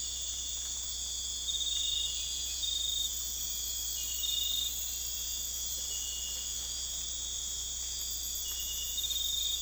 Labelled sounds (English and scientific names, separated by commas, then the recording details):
none
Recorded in dense forest near Puerto Asís, Putumayo, Colombia, on 21 December 2024 at 02:30
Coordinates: 0.486, -76.317
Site G003